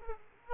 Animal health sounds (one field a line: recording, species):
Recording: mosquito wingbeat signal from an infrared sensor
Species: Aedes aegypti